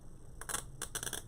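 A plastic connector piece is snapped into the connector on the other side of a wreath frame, giving sharp clicks at 0.8 s and 1.0 s, with smaller ticks before and after. The connector seats and clicks together, the same click made on the first side.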